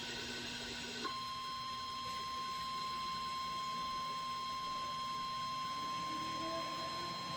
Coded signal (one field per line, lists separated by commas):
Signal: Emergency Alert System (SAME) tones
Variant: 1050 Hz attention tone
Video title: FRIED OKRACOKE (L.S. EAS #92) Special Marine Warning